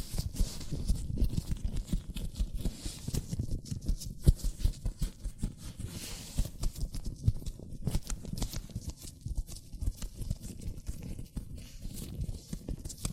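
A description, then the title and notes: Hands in latex gloves rub and squeak in a dense, continuous stream of soft low rustles and quick taps, with brief sharper snaps throughout. ASMR Latex Gloves Hand Sounds (No Talking).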